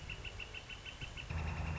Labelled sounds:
Northern Flicker
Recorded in Sonoma County, California

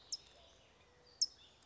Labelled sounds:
California Towhee
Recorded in Sonoma County, California

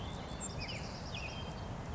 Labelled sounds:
Savannah Sparrow
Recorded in Sonoma County, California

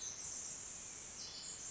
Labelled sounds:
Pacific Wren
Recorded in Sonoma County, California

